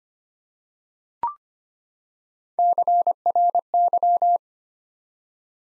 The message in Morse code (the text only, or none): CRY